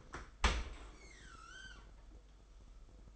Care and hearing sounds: daily activity, microphone in the room; open dishwasher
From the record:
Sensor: 5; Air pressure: 991.5 hPa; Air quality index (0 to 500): 115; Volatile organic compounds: 34 ppm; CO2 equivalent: 3050 ppm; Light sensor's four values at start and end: 39/123/47/50 and 39/125/47/51

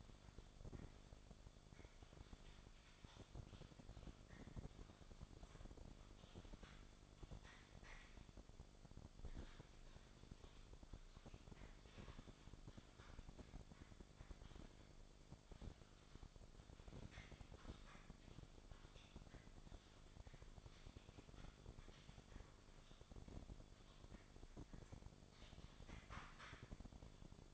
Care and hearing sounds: daily activity, microphone in the room; typing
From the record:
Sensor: 5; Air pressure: 1004.6 hPa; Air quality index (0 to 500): 168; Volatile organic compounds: 4 ppm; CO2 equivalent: 1578 ppm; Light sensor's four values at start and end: 18/43/17/16 and 18/42/17/15

